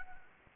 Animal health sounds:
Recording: mosquito wingbeat signal from an infrared sensor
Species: Anopheles gambiae

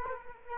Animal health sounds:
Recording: mosquito wingbeat signal from an infrared sensor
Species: Culex quinquefasciatus

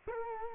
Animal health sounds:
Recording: mosquito wingbeat signal from an infrared sensor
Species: Culex quinquefasciatus

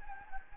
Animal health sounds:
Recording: mosquito wingbeat signal from an infrared sensor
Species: Anopheles gambiae

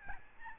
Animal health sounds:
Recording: mosquito wingbeat signal from an infrared sensor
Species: Aedes albopictus

